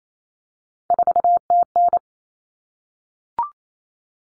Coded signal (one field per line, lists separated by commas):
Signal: Morse code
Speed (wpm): 28 wpm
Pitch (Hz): 700 Hz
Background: none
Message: 4TN